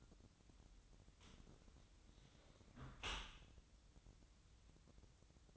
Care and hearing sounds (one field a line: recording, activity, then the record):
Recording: daily activity, microphone in the room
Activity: close dishwasher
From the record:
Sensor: 3